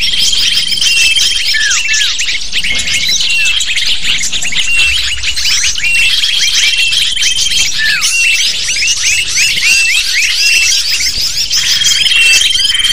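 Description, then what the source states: Lovebirds in a busy flock, giving continuous high twittering and sharp downward-slurred chirps, with occasional steady thin tones mixed in. Lovebird calls used as a lure (pikat) to attract lovebirds.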